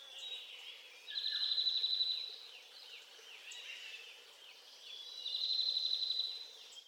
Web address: Chestnut vented Nuthatch Sitta nagaensis. chestnut vented nuthatch call